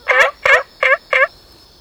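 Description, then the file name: Olive frog call of four quick, harsh, harmonic notes in an even row, with a steady thin hum in the background. "Rana adenopleura"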